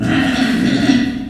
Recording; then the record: squeal of a Yucatan mini pig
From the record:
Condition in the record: after surgery on the right vocal fold (resection and tissue-engineered implant); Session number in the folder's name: 3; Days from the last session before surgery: 21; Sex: female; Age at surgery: 19 weeks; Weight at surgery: 25 kg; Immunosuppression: prednisolone